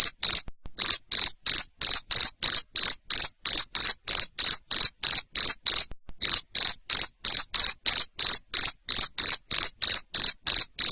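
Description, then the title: Cricket producing piercing, rhythmic chirps in rapid sequence, about three per second, with short pauses near the start and middle. Loud cricket chirping used to stimulate lovebirds into continuous singing. "Suara JANGKRIK NGERIK Keras Bikin LOVEBIRD Jadi NGEKEK Terus Vubey"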